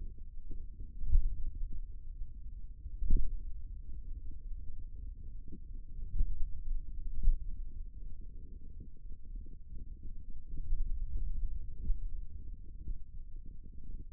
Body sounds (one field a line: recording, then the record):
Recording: forearm muscle sounds (acoustic myography)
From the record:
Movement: pen grasping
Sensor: system 2, bracelet of six BSWA MPA416 microphones around the upper forearm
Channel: 3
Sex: male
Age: 22 years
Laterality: right